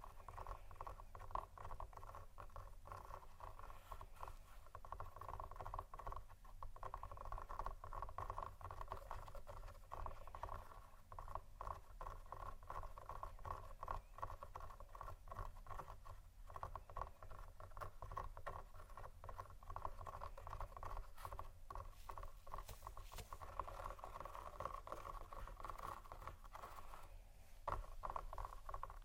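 Scratching and tapping on textured surfaces goes on without a break: a dense, busy patter of small scrapes and ticks, with quick sharper taps scattered throughout. A low, steady rumble sits underneath the whole time, and the activity grows slightly louder near the end.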